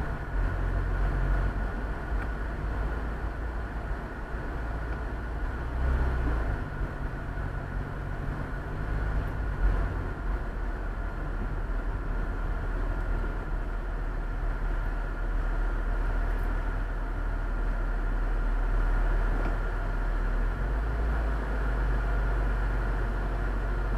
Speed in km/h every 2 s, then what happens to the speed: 36, 34, 28, 29, 35, 35, 32, 13, 8, 0, 0, 0.
0-4 slows to 28. 4-8 speeds up to 35. 11-18 brakes to 0. 18-24 standing.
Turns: none.